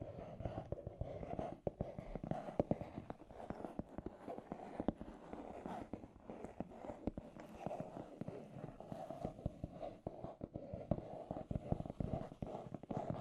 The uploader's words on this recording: ASMR The Trigger You Need for Sleep Scratchy Tapping (No Talking).